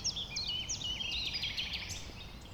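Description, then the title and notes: Common nightingale singing a rapid run of varied whistled and sharp notes, jumping between high and mid pitches, over a steady low rumble. One of a few nightingales settled on the banks of a stream forming a pond, 1500 m from the A20, recorded around 8 am on Sunday 12 April. "Un Rossignol Envers Et Contre Tout. un rossignol venu avec quelques autres s'installer sur les rives d'un ruisseau formant un étang à 1500 mètres de l'A 20. Ces moments ont été enregistrés vers 8h le dimanche 12 avril"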